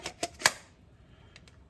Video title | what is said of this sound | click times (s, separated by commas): 2004 Porsche 996 Engine whine Solved! | Okay. And then you gotta press it in Click. till you hear a little click. | 0.5 s